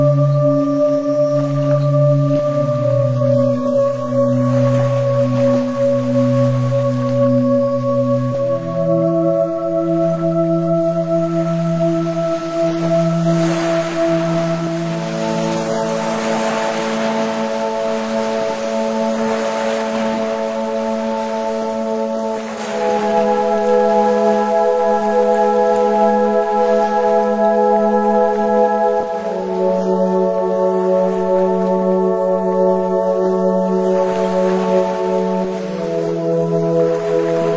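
Singing bowl tones hum steadily for the whole stretch, a low, sustained ring with bright overtones layered above. The pitch steps to a new level every few seconds, near 9, 15, 22 and 29 seconds, while the loudness stays even.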